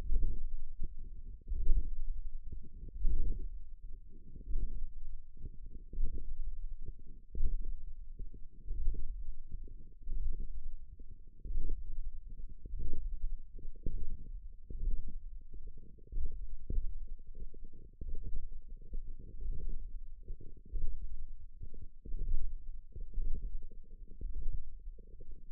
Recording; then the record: forearm muscle sounds (acoustic myography)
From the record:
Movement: radial deviation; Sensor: system 1, eight BSWA MPA416 microphones around the upper forearm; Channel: 6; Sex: female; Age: 20 years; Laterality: right